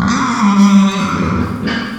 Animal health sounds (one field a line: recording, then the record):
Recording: squeal of a Yucatan mini pig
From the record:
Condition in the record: after surgery on the right vocal fold (resection and tissue-engineered implant)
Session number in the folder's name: 15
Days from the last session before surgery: 175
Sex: female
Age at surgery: 19 weeks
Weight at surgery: 25 kg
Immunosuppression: prednisolone